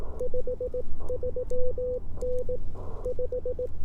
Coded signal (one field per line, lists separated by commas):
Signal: Morse code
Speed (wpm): 18 wpm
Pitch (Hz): 500 Hz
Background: none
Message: 53N 5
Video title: 18 WPM CW POTA Post Marine Corps Marathon Volunteering (I stood and watched others run) with N0SA M7